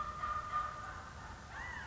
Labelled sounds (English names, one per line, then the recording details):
California Quail
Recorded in Sonoma County, California